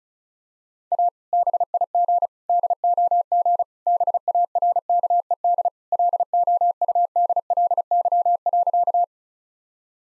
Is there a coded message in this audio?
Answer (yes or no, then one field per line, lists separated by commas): yes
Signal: Morse code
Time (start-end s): 0.9-9.0 s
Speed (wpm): 34 wpm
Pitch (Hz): 700 Hz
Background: none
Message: A BIG DOG BARKED LOUDLY.